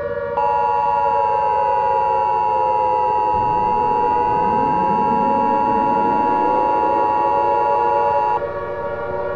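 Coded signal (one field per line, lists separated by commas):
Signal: Emergency Alert System (SAME) tones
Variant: 853 and 960 Hz attention tone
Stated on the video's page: Fictional EAS scenario, simulated alert.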